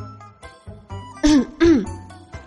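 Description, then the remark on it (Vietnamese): Two short, dry coughs in quick succession, each a loud harsh burst with a rasping edge, set amid quiet breathy sounds before and after. “Bạch Ngọc Đường rút tay về, ho khan một tiếng.”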